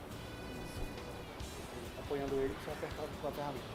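A tabbed part is lined up with its tabs facing outward and fitted into two small mounting holes on a motherboard while it is supported, ready to be pressed in with a tool. Someone talks over steady background music, with a few short tonal sounds near the end. Nothing has seated or clicked yet.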